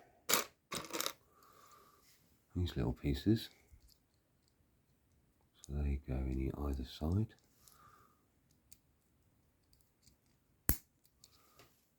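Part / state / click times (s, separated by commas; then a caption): plastic hinge piece onto brick model / seated / 10.7 s. A small plastic hinge top piece is pressed onto the side of a Lego City hot rod toy car build. Someone talks, and then a single sharp snap is heard at 10.7 s as the piece snaps into place, seated.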